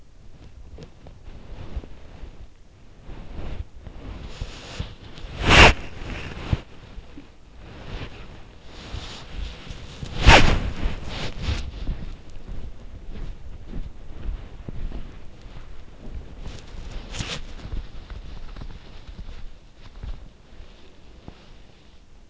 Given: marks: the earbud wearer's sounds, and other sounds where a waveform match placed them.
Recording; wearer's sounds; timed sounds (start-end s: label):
sounds in sleep by an in-ear microphone; body movement
0.00-22.30 s: body movement